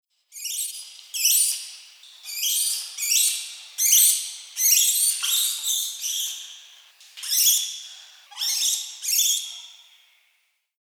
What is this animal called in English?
Northern Plains Gray Langur